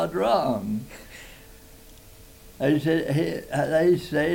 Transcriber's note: laughs